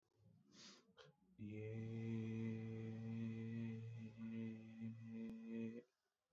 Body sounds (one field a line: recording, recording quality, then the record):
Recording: sustained vowel as in made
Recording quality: excellent, no background noise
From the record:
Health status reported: COVID-19 positive, mild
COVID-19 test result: positive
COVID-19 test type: RT-PCR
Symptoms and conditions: cough, cold, sore throat, fatigue, muscle pain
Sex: male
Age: 26 years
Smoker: no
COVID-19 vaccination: both doses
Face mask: not worn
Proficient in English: yes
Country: India